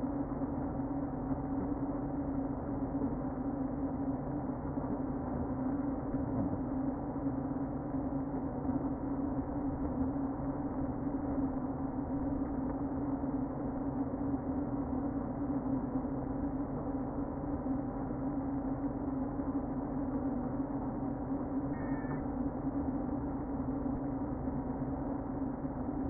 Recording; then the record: honeybee colony, microphone inside the hive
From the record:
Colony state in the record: queen present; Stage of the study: before two queens were removed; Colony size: about 60,000 bees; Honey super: yes